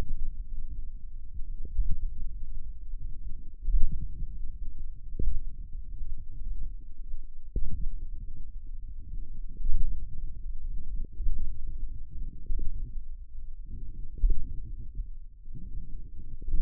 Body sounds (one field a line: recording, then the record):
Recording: forearm muscle sounds (acoustic myography)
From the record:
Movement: radial deviation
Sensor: system 1, eight BSWA MPA416 microphones around the upper forearm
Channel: 8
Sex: male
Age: 42 years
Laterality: right